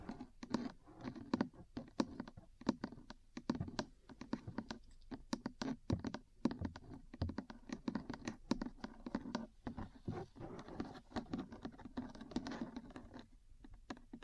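Metal parts are tapped and scratched in quick, irregular bursts, with many sharp clicks crowding together and few pauses across the whole stretch. Scraping sounds fill the gaps, and a low hum runs underneath. The taps sound bright and clacky, almost like fast typing.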